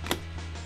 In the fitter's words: clicks right into place that that whole magnetic thing is just great